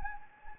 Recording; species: mosquito wingbeat signal from an infrared sensor; Anopheles gambiae